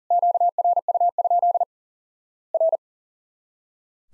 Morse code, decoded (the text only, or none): QRU? R